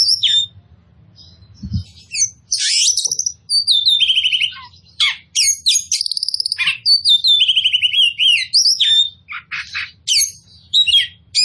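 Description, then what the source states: Oriental magpie-robin singing continuously, mixing clear descending whistles, sharp high chips and fast rattling phrases in a rich, varied stream. Local name kacer poci; described as gacor, meaning singing vigorously and continuously.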